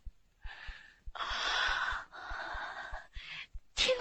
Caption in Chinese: 陛下已经完全康复了。 请你再听一遍，我再做一次深呼吸。 听到什么了吗？没有。